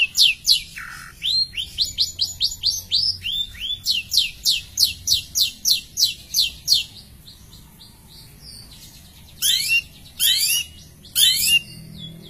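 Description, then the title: Long-tailed shrike song: a fast, even run of rising notes, several per second, then a pause and three harsh sweeping notes. "Cendet"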